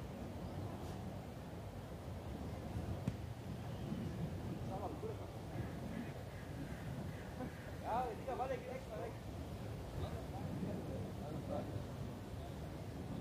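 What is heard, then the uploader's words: People pass by amid a steady low rumble, with fragments of conversation rising now and then, most clearly around eight seconds and again near ten to twelve seconds. A few sharp knocks stand out, one just after three seconds, over a constant wind-like murmur. The bustling scenery of Munich's famous Englischer Garten. A Sunday afternoon.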